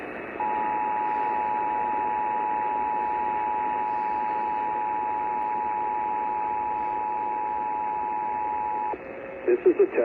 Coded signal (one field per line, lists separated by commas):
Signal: Emergency Alert System (SAME) tones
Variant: 853 and 960 Hz attention tone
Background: speech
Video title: Catchup on EAS Alerts EAS 71-76